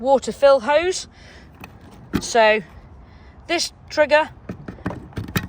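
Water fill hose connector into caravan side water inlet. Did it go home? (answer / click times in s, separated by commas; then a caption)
yes / 4.9 s. Someone talks while the water fill hose connector of a 2021 Sprite Quattro EW caravan is pushed into the water inlet on the side of the caravan. A cluster of short plastic knocks follows, with the connector clicking into place at 4.9 s, and it is seated.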